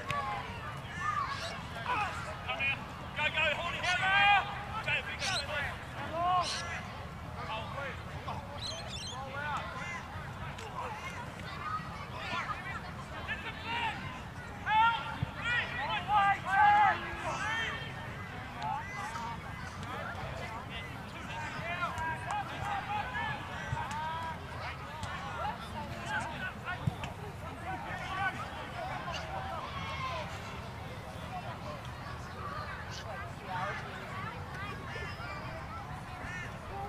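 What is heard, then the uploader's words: Crowd and player voices at a rugby league match form a dense, steady chatter of overlapping talk, with occasional louder shouts rising above, notably around the middle. A low outdoor rumble, like traffic, runs underneath throughout. Composite field recording taken at the Queensland Rugby League match. At Bishop Park, Nundah (Brisbane), Queensland, Australia. 24bit/48kHz on a Zoom H5 with included microphone capsule. Crowd voices, player voices, referees and officials, player trainers and medical staff, the ground announcer and various ambient sounds.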